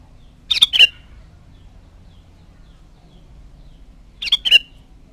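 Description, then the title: Sooty-headed bulbul calls: two short bursts of bright, quick notes, one near the start and another about four seconds later, over a low background hum. "Kutilang"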